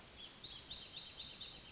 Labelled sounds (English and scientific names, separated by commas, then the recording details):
Wrentit (Chamaea fasciata)
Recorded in Sonoma County, California